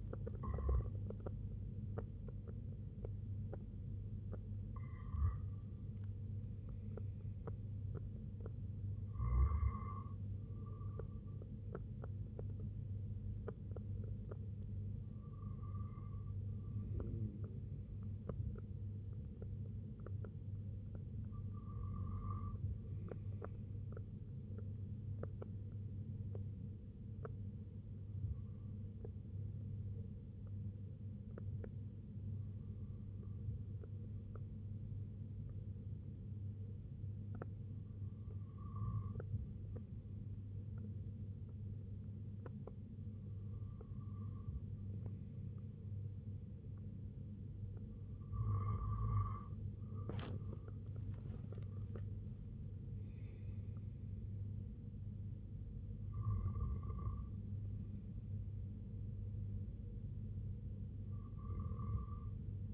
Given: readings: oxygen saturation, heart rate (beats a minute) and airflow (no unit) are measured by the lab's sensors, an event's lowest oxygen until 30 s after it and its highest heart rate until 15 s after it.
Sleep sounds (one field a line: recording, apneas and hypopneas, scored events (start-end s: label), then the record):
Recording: breathing in sleep by a smartphone at the bedside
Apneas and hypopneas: 1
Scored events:
20.00-54.40 s: hypopnea (N1, oxygen 96% highest, then 92% lowest, heart rate 72 at the start, 81 highest)
From the record:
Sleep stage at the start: N1 (lightest sleep)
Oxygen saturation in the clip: 92 to 97%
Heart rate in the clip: 64 to 92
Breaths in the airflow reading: 11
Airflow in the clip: -9.7 to 4.1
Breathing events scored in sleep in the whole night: 258 in 7.4 hours asleep